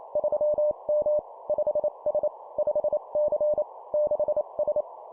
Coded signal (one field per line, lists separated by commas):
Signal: Morse code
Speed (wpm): 28 wpm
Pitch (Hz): 600 Hz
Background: none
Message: 3M 5S 5C 6S